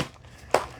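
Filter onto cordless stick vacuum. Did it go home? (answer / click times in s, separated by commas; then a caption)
yes / 0.5 s. A cleaned filter is pushed onto a Dyson V12 Detect Slim cordless stick vacuum. A sharp click sounds at 0.6 s as it seats, then quiet background follows. The filter is on and seated.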